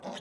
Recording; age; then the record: pig call; piglet (1 to 25 days)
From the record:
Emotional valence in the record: negative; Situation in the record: long isolation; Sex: female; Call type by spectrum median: low-frequency call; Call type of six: low-frequency tonal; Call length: 0.21 s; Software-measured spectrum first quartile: 504 Hz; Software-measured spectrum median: 923 Hz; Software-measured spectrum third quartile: 2860 Hz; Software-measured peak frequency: 214 Hz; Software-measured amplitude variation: 118 dB a second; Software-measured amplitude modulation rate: 16.8 a second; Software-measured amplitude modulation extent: 7.0 dB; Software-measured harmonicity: 0.3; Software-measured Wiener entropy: -1.97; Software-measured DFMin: 505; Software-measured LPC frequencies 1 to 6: 684, 1849, 3057, 3620, 5082, 5863 Hz